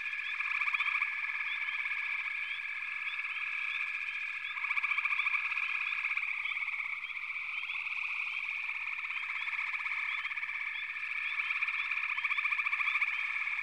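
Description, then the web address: Long stretch of frog chorus: steady high trilling and scattered rising chirps, with bursts of louder pulsed calling returning every few seconds. "Natures Songs Sleep Sounds of Nature FROGS Frog Chorus"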